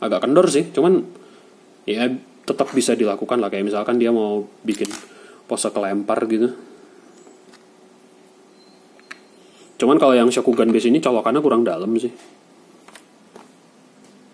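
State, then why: Partly seated. An action figure's foot peg is plugged into a small plastic Shokugan display base from Bandai's Chodo Ultraman Vol. 3 Jugglus Juggler line, with a sharp click at 9.1 s amid soft taps and while someone talks. The peg seats only shallowly because the base's socket is not deep enough, so the figure does not sit fully home.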